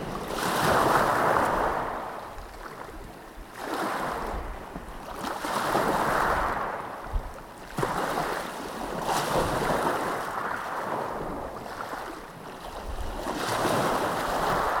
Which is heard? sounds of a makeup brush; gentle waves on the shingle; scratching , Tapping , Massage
gentle waves on the shingle